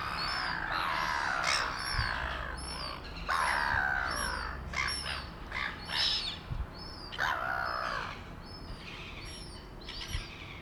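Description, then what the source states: Gull giving harsh squealing cries in bursts over a low rumbling background. Port Chalmers, by the sea, 2018.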